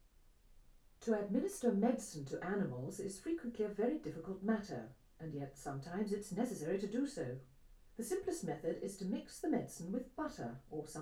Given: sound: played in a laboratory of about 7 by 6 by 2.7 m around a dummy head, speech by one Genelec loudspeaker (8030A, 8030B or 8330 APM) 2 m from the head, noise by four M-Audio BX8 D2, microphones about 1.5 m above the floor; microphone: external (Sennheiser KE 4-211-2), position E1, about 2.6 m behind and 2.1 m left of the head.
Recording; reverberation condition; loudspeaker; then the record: female speech in English; low; 90 degrees to the left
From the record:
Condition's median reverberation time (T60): about 310 ms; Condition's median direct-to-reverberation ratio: about 3.5 dB